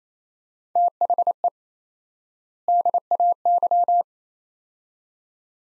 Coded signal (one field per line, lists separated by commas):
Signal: Morse code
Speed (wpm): 27 wpm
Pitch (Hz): 700 Hz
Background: none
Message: THE DAY